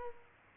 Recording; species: mosquito wingbeat signal from an infrared sensor; Culex quinquefasciatus